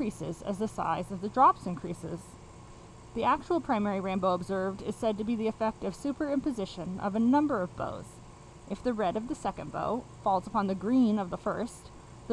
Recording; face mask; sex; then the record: reading aloud; surgical mask; female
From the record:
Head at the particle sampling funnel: facing it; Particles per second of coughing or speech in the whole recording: 0.448